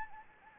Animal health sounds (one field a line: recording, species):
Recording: mosquito wingbeat signal from an infrared sensor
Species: Anopheles gambiae